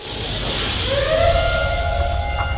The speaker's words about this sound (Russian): Раздается сирена. В комнате включается красный свет.